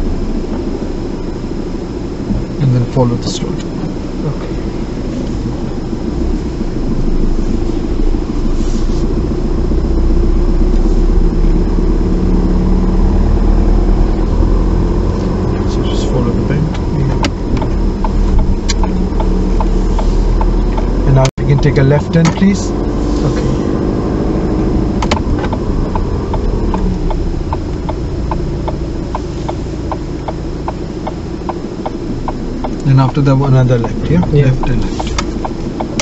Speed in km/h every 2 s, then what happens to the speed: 0, 0, 0, 5, 8, 10, 11, 11, 10, 8, 11, 13, 10, 6, 0, 0, 0, 2.
0-4 standing. 4-9 pulls away to 10. 9-21 steady at about 10. 21-28 slows to 0. 28-34 standing.